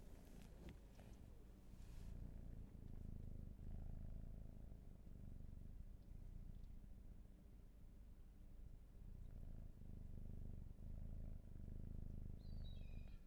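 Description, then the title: Cat purr, a deep steady rumble, with brief rustling early on. Raw field recording. "Field Recs Purrathon RAW"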